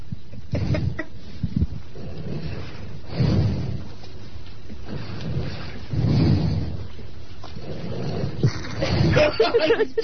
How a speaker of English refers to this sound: He's out. He snores. Already. He snores really let me see. Let me hear the snoring. Give him about a minute. Just listen.